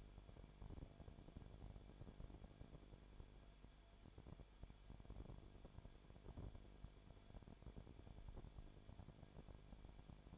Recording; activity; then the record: daily activity, microphone in the room; no activity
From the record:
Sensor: 5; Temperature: 19.8 degrees Celsius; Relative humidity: 33.3%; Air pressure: 1001.4 hPa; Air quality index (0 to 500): 31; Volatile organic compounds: 1 ppm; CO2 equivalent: 524 ppm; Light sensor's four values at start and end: 2/3/1/1 and 2/3/1/1